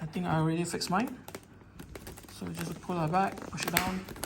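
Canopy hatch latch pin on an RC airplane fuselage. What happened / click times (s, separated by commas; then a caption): The latch pin is handled but not yet locked home / none. Someone talks while the reversed plastic canopy hatch latch pin on a Dynam Super Tucano RC foam airplane fuselage is pulled back and pushed down. A few faint, quick handling ticks come between 1.4 and 2.2 s. Nothing has seated or locked into place yet.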